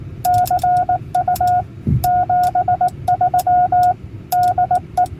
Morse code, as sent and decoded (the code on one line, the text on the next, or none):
-.-. ..- / --... ...-- / -.. .
CU 73 DE